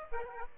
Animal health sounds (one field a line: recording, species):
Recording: mosquito wingbeat signal from an infrared sensor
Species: Aedes aegypti